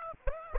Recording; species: mosquito wingbeat signal from an infrared sensor; Aedes aegypti